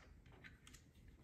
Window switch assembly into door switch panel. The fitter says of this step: It's a nice, satisfying clicking sound.